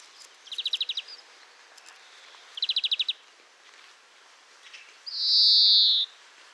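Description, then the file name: European greenfinch calling: two quick dry trills of rapid ticking notes, then a long, loud, nasal wheezing buzz held for about a second, over faint background hiss. "Chloris chloris"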